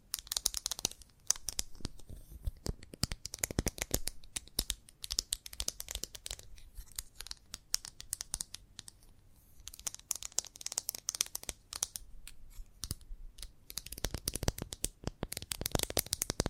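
Chalk scratching and tapping, a dense, irregular run of dry clicks and gritty scrapes that continues for the whole stretch. The bright, raspy strokes come in uneven bursts with brief sparse gaps, with no steady rhythm and nothing else in the background.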